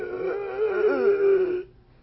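Adult imitation of stridor: a harsh, noisy, high-pitched breath sound, as heard when a child's bronchial passages are blocked, typical of croup or pertussis.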